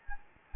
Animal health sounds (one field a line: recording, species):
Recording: mosquito wingbeat signal from an infrared sensor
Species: Anopheles gambiae